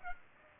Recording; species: mosquito wingbeat signal from an infrared sensor; Aedes aegypti